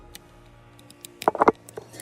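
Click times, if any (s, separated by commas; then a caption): none. On a second try, a plastic action figure part is pressed into the figure joint, producing faint ticks and then a short burst of louder plastic knocks and scraping between about 1.2 and 1.5 seconds. Nothing has clicked yet; the part sits there tightly without clicking.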